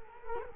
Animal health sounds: mosquito wingbeat signal from an infrared sensor; Culex quinquefasciatus

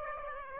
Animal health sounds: mosquito wingbeat signal from an infrared sensor; Aedes aegypti

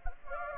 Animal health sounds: mosquito wingbeat signal from an infrared sensor; Anopheles gambiae

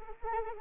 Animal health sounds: mosquito wingbeat signal from an infrared sensor; Anopheles arabiensis

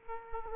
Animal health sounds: mosquito wingbeat signal from an infrared sensor; Aedes aegypti

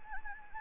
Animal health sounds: mosquito wingbeat signal from an infrared sensor; Anopheles gambiae

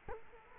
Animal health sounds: mosquito wingbeat signal from an infrared sensor; Culex quinquefasciatus

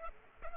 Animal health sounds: mosquito wingbeat signal from an infrared sensor; Culex pipiens

